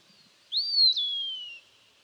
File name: Eastern Wood Pewee - Contopus virens